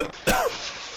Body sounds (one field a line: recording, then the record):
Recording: coughing mixed with background sound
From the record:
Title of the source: Coughing 51